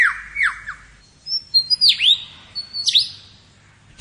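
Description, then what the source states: Superb lyrebird mimicry: a few falling whistles, then high thin whistles and sharp looping whistled notes, each clearly separated. Male imitating the calls of other species, at least 20 different species, to attract females and outsing his rivals.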